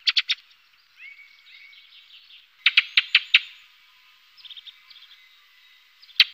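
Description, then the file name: Ring ouzel hard clicking tack calls in quick bursts of three to five, separated by pauses, with faint high bird song in the background. "beflijster ring ouzel"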